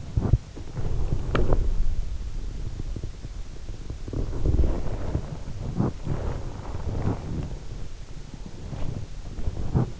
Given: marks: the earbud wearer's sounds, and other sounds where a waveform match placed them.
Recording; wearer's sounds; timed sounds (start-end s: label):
sounds in sleep by an in-ear microphone; body movement
0.00-1.86 s: body movement
4.05-7.83 s: body movement